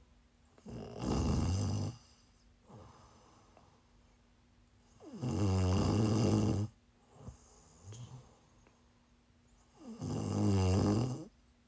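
Loud, low, rattling inhaled snores from an adult sleeper, about every four seconds, with quiet exhales between: ordinary snoring, recorded as ASMR.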